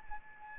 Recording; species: mosquito wingbeat signal from an infrared sensor; Anopheles arabiensis